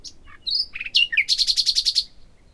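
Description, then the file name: Common nightingale song: a few varied slurred notes leading into a fast, even series of loud repeated chirps. "Luscinia megarhynchos"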